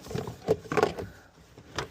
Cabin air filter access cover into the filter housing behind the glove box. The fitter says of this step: the locking slot, and you'll hear a click. So that's now in